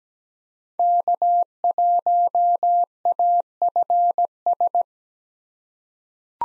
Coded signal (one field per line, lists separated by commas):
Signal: Morse code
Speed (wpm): 17 wpm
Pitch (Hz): 700 Hz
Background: none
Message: K1AFS